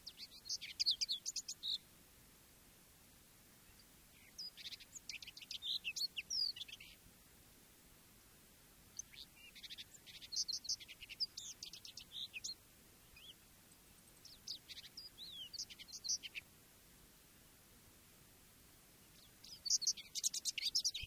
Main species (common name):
Common Whitethroat